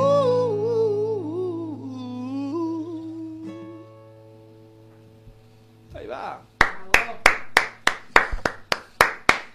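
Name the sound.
one person clapping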